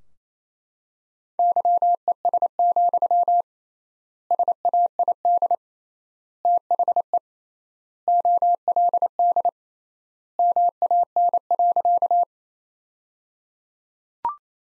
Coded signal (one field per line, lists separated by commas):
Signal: Morse code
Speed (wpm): 28 wpm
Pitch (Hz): 700 Hz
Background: none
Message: YES, SAID THE OLD MAN.